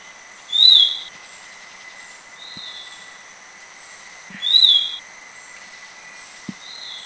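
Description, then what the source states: Black-capped babbler giving clear arched whistled notes about every four seconds, softer flat notes between them, against a constant high-pitched insect hum and faint clicks. Recorded in southern Thailand.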